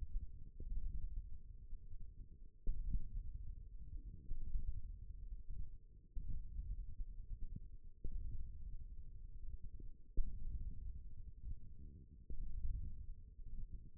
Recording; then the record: forearm muscle sounds (acoustic myography)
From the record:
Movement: wrist extension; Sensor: system 1, eight BSWA MPA416 microphones around the upper forearm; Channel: 1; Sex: female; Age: 21 years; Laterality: right